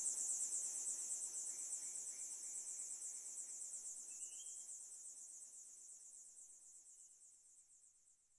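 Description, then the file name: Cicada buzzing, a dense high hiss with rapid regular pulsing, steady at first and gradually fading away toward the end; a faint brief whistle-like note partway through. "bindu cicada"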